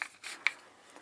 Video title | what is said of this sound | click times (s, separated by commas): Hatsan Flash 101 Precharged Air Rifle and Pump Combo, FULL REVIEW | locks in place | 0.0 s, 0.5 s